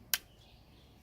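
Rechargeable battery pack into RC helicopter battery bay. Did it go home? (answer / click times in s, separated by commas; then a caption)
yes / 0.1 s. A plastic rechargeable battery pack is pushed snug into the battery bay of a DeeRC Apache toy RC helicopter, then pushed up into place. A single sharp, loud click is heard at 0.1 s over a quiet background, and the pack is seated.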